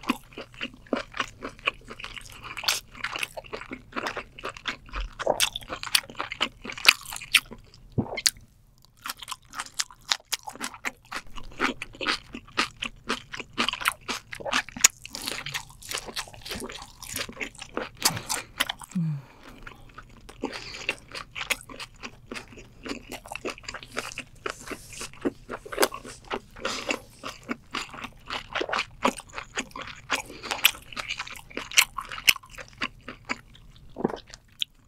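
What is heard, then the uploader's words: Eating of giant king lobster, with dense, rapid crunching and cracking clicks running through nearly the whole clip. Shell snaps come in quick irregular bursts with brief pauses near 8 and 19 seconds, over a faint low hum. GIANT KING LOBSTER ASMR Eatingsound.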